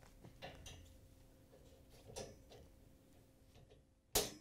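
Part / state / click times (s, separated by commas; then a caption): plastic tine row onto dishwasher upper rack / seated / 4.2 s. A plastic tine row for a Frigidaire/Electrolux dishwasher (part 154740404) is lowered onto the wire upper dish rack. Soft handling noises come first, then one sharp click at 4.2 s as it snaps into place on the rack.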